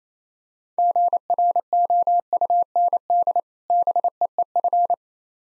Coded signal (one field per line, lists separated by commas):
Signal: Morse code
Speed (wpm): 27 wpm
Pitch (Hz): 700 Hz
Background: none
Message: GROUND BEEF